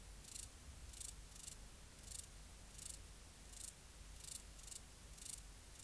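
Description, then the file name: Large mountain grasshopper song of brief rasping hiss bursts, some in quick pairs, spaced unevenly over a low background rumble. "Stauroderus scalaris"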